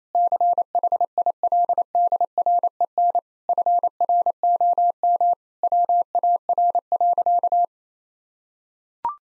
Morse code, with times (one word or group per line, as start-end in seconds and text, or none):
0.1-3.2 CHILDREN
3.5-5.3 FROM
5.6-7.7 WAR.